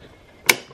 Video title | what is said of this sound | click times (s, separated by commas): ENTREPRENEUR VLOG 2: how I take product photos, finally finding a table, website content + more | so you hear a click | 0.5 s